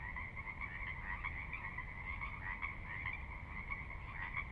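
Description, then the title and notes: Pacific Chorus Frogs croaking in a thick, steady chorus, individual calls blurring together, with a soft low water rush in the background. Chorus at midnight, valley floor of Sinlahekin Valley, Sinlahekin Wildlife Area, Washington, near Cascades' northeastern slope; distant water spillage in background; unprocessed raw recording. "Sinlahekin Valley midnight. the ever-present Pacific Chorus Frogs that are a fixture of the Northwest Soundscape. Sinlahekin Valley is the heart of the Sinlahekin Wildlife Area"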